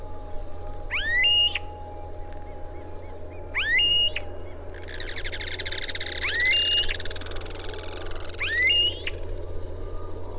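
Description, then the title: Smooth-billed ani giving rising whined calls, each sweeping up then levelling into a short plateau, four calls about every 2.5 seconds, with a buzzy sound and steady hum behind. "LuckyPassaro Completos2Sama. Smooth-billed Ani (Crotophaga ani)"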